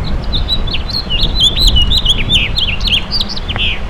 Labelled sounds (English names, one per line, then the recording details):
House Finch song
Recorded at Montauk on Long Island, New York, on 15 June 2013
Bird K